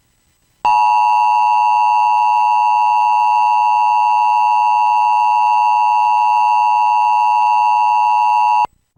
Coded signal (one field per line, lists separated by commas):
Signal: Emergency Alert System (SAME) tones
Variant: 853 and 960 Hz attention tone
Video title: (EAS MOCK) Required Monthly Test - Rhode Island - @jcraver98